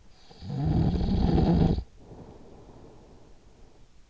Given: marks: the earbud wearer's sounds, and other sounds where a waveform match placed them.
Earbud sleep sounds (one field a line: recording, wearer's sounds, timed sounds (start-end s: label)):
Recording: sounds in sleep by an in-ear microphone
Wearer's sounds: snoring breath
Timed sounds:
0.33-4.10 s: snoring breath